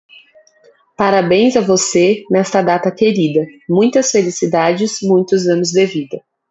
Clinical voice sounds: short text; Brazilian Portuguese; female; 20 to 29 years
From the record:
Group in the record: control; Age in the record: 28 years

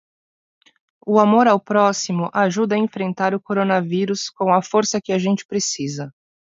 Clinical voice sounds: spoken sentence; Brazilian Portuguese; female; 30 to 39 years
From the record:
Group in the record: control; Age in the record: 30 years

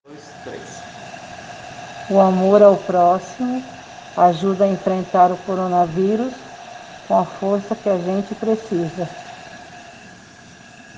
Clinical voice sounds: spoken sentence; Brazilian Portuguese; female; 50 to 59 years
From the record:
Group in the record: respiratory insufficiency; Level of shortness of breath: 5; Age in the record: 57 years

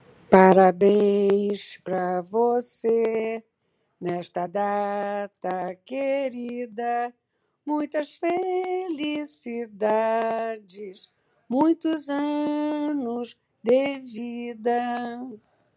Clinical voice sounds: short text; Brazilian Portuguese; female; 70 to 79 years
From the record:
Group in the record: control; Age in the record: 71 years

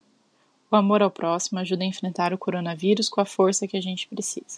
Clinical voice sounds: spoken sentence; Brazilian Portuguese; female; 30 to 39 years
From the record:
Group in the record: control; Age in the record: 32 years

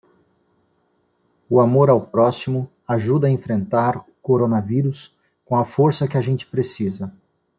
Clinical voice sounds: spoken sentence; Brazilian Portuguese; male; 50 to 59 years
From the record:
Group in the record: control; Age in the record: 59 years

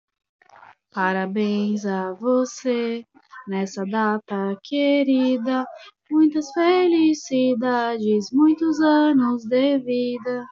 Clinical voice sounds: short text; Brazilian Portuguese; female; 20 to 29 years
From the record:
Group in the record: control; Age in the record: 28 years

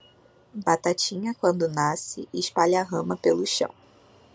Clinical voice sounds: short text; Brazilian Portuguese; female; 20 to 29 years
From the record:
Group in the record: control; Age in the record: 27 years

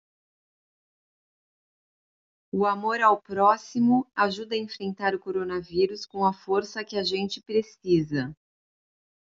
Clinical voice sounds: spoken sentence; Brazilian Portuguese; female; 50 to 59 years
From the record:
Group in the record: control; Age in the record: 53 years

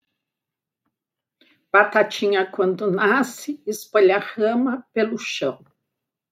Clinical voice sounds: short text; Brazilian Portuguese; female; 60 to 69 years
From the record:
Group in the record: control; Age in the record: 64 years

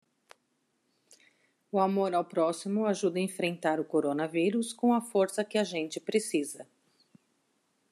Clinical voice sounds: spoken sentence; Brazilian Portuguese; female; 50 to 59 years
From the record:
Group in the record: control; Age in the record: 52 years

